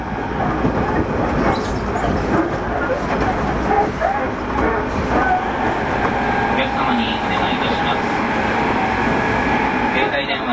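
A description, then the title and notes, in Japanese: A Tobu 30000 series train travels between Shibuya and Azamino, its dense running rumble holding steady and loud for the whole clip. A thin motor whine hums above it, growing brighter after about six seconds, with faint voice-like sounds mixed in. 東武30000系 渋谷〜あざみ野。車体20m両開き4ドア。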